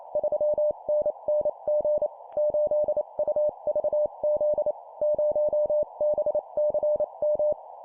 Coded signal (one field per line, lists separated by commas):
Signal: Morse code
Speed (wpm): 28 wpm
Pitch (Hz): 600 Hz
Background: none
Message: 3NNG 8UVZ 0BCM